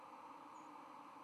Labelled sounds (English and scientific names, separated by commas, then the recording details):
White-throated Sparrow (Zonotrichia albicollis) flight call
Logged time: 04:48 on 6 November 2014